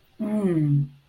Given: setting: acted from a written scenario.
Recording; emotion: vocal sound without words; desire